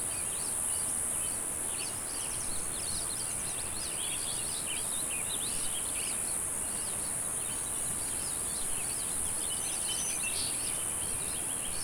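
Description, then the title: Constant ringing cicada drone alongside dense bird chatter of quick, varied chirps. "neoscenes: cicadas"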